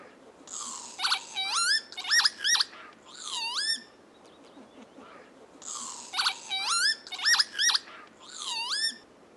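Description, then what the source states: Northern Lapwing calls: bursts of wheezy, slurred notes that swoop down then sharply up, given in two clustered series separated by a short pause. Played as an example of how the lapwing sounds.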